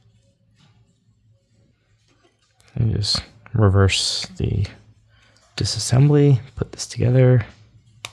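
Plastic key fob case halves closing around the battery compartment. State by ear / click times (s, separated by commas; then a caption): not seated / none. After a CR2032 coin cell battery is replaced in a 2015 Toyota Sienna key fob, the two plastic halves of the fob shell are lined up around the battery compartment to be put back together. Faint handling noises and small ticks come first, then someone talks. The halves have not been squeezed shut, and nothing has snapped or seated yet.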